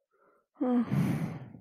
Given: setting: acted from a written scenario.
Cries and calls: vocal sound without words; shame

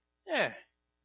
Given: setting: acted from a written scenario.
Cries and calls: vocal sound without words; serenity

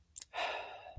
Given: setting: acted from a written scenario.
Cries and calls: vocal sound without words; serenity

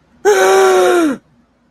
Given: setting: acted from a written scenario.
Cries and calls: vocal sound without words; distress

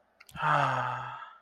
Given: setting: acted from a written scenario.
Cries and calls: vocal sound without words; romantic love

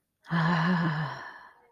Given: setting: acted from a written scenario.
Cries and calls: vocal sound without words; desire

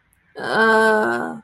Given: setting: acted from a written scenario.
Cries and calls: vocal sound without words; confusion

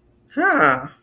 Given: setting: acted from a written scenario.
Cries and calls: vocal sound without words; interest

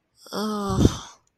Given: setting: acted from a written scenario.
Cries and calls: vocal sound without words; shame

